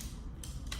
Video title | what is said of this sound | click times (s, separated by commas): Trekology Gear Review Budget Backpacking Table, Chair, and Sleeping Pad | these two loose pieces just flip right over into here and they lock into place hold it open securely | 0.4 s, 0.7 s